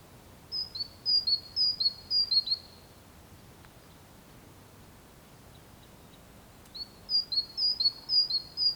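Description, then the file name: Great tit giving a run of sharp alternating high and low notes, then falling silent for several seconds before starting the same seesawing phrase again. "Parus major"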